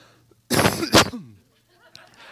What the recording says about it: My allergies have been acting up, and I don't want to, like, destroy your ears with the coughing.